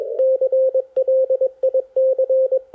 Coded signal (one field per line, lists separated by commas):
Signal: Morse code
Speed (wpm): 21 wpm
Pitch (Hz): 520 Hz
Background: radio noise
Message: CLIC